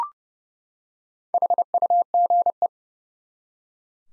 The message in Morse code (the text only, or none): HUGE